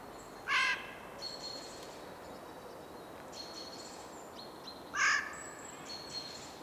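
Eurasian jay uttering two harsh, hoarse screeches about four and a half seconds apart, while other birds give thin, high-pitched whistled notes in between.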